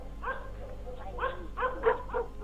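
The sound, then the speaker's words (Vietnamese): A dog barks far off in a village at night, giving a handful of irregular, mid-pitched yelping barks, a couple of them in quick succession, over a steady low background hum. “Lâu lâu ở phía xa, người ta nghe lác đác tiếng chó cắn ma, hoặc là tiếng quạ kêu, tiếng cú ăn đêm trong sự tịch mịch.”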